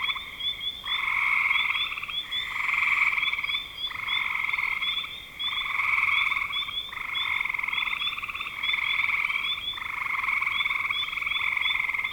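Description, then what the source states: Frogs in chorus with repeated buzzy pulsed trills in several bursts, accompanied by repeated short upslurred chirps. Recorded in spring 2025.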